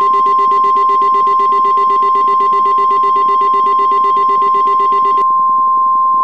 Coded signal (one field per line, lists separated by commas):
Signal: Emergency Alert System (SAME) tones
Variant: 1050 Hz attention tone